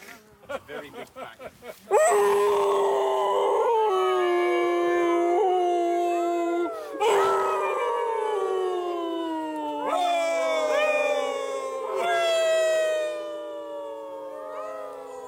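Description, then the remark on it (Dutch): A group of people join in a so-called core howl, howling together like a wolf pack: several long wavering voices overlapping and sliding up and down in pitch, loud and sustained after a couple of seconds of short choppy sounds. “En om dat te onderstrepen wil ik even met z'n allemaal in een zogenaamde core howl uitbreken.”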